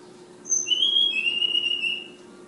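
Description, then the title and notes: Flowerpecker song: a short high note, then a long, thin whistled phrase that wavers slightly and fades, with a faint background hum. Tledekan/sulingan bird called Ababil, from Kudus. "Tledekan/Sulingan ABABIL. Suara Burung Tledekan Ababil dari Kudus"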